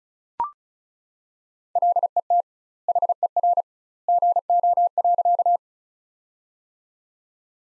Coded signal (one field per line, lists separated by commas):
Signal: Morse code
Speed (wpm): 36 wpm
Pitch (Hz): 700 Hz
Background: none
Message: LET HER GO.